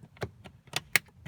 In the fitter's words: it pops in just like that you heard it pop in and